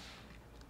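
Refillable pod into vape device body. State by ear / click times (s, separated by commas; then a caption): seated / 0.6 s. A filled plastic refillable pod is pushed down into the aluminium body of an Aspire Spryte open pod vape until it latches. A low, steady background hum gives way to a single short, sharp click at 0.6 s as the pod seats in place.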